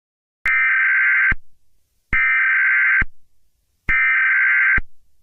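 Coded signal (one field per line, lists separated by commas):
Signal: Emergency Alert System (SAME) tones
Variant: header bursts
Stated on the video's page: Fictional analog horror EAS scenario, not a real alert.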